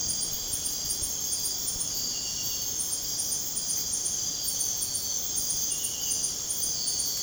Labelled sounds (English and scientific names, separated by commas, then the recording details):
none
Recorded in pastures near Puerto Asís, Putumayo, Colombia, on 23 June 2025 at 01:00
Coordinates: 0.496, -76.326
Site GP01